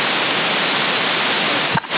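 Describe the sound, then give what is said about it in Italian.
Steady, band-limited CB radio static hisses evenly for about two seconds, a constant noise bed with a brief dip and crackle near the end, heard during a CB radio contact in Sassari, March 2021. “Si sente il fruscio di sotto là.”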